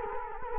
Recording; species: mosquito wingbeat signal from an infrared sensor; Culex quinquefasciatus